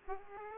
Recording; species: mosquito wingbeat signal from an infrared sensor; Aedes aegypti